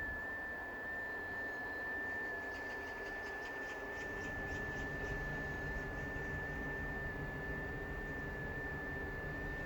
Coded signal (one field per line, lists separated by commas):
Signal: FT8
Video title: C21WW, Nauru Is., Pacific Ocean, 21MHz, FT8, Worked by HL2WA